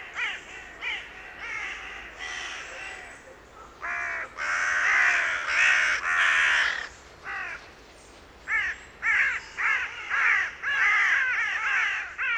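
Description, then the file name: Carrion crow calls, a series of short harsh caws, a loud cluster in the middle, then several clear separate caws in quick succession. "Corvus corone"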